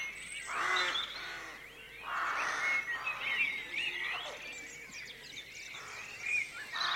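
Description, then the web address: Rook calls, rough cawing notes among a busy chorus of chattering and chirping birds. Rookery at dawn, with jackdaws also calling. "rookery at dawn also calls from jackdaw. BBC Atmospheres Dawn"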